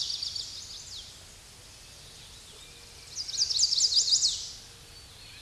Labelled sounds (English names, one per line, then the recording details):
Chestnut-sided Warbler song
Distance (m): 15 m
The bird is about level with the microphone
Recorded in a Pennsylvania forest on 16 May 2024 at 07:42
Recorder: AudioMoth, point MSD-2443
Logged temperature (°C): 16.4 °C
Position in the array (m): 172 m, 177 m